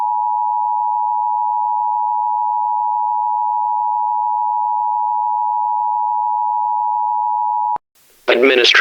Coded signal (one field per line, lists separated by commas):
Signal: Emergency Alert System (SAME) tones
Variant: 853 and 960 Hz attention tone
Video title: Half Life: A Virus EAS Scenario (#10)